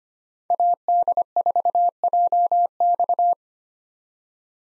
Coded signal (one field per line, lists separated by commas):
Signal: Morse code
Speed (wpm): 25 wpm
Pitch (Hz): 700 Hz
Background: none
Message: AD4JX